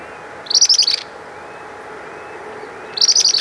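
Bird producing a quick high chatter of rapid notes, then a second similar burst after roughly two and a half seconds, against faint steady noise.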